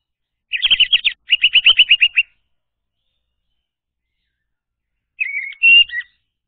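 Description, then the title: Orange-headed thrush song opening with a fast run of repeated bright chirps, then a pause before a shorter slurred, whistled phrase. Song used to lure a silent orange-headed thrush, locally called anis merah, into singing. "Anis Merah Macet.. Pancing Dengan Suara Ini.. # Anis Merah"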